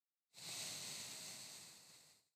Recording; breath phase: one breath near a microphone; exhalation